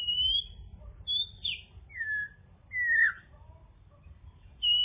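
Bird song: a few long, clear whistles, some falling in pitch, spaced about a second apart over a low background hum.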